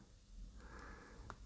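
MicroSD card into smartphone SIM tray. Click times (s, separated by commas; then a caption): 1.3 s. A microSD card is pressed into the second slot of the SIM tray of a Samsung Galaxy A15 5G smartphone, in place of a second SIM card. Against a low background hiss with a soft rustle, a small sharp click is heard at 1.3 s as the card seats in the tray.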